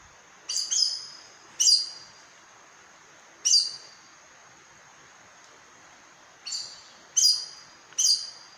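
Aracari giving seven shrill, squeaky notes, a quick double at the start and a cluster of three near the end, separated by brief pauses.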